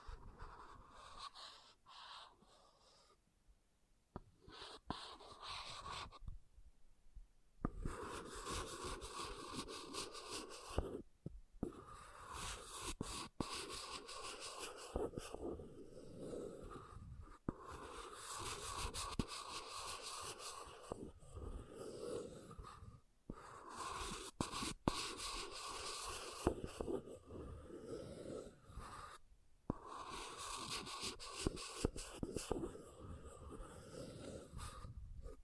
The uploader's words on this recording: ASMR Brain Melting Object Scratching (No Talking).